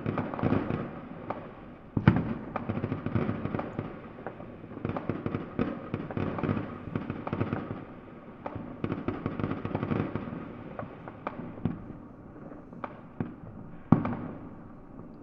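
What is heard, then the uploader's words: Fireworks crackle and pop almost continuously, slightly muffled through a barely open window, with sharper bangs near two and fourteen seconds. NYE 2020 Fireworks. A last-minute unplanned recording of fireworks being let off in our neighbourhood using the Sony PCM-M10 built-in mics. I'd never heard such a cacophony of fireworks let off at such quick succession for so long. It's slightly muffled as a result of recording indoors with the window only slightly open.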